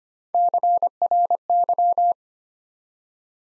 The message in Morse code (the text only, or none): CRY